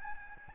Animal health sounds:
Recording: mosquito wingbeat signal from an infrared sensor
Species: Aedes albopictus

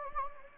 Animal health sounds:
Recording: mosquito wingbeat signal from an infrared sensor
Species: Anopheles gambiae

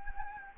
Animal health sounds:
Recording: mosquito wingbeat signal from an infrared sensor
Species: Anopheles gambiae

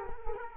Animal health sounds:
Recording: mosquito wingbeat signal from an infrared sensor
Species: Culex quinquefasciatus

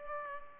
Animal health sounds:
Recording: mosquito wingbeat signal from an infrared sensor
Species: Culex pipiens

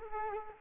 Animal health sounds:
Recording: mosquito wingbeat signal from an infrared sensor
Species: Culex quinquefasciatus

